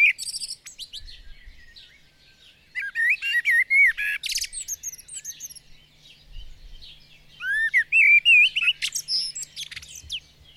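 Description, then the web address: Songbird warbling in long, intricate phrases of twitters, whistles and rising slurred notes, with faint softer chirping between the louder bursts. "madarak enek"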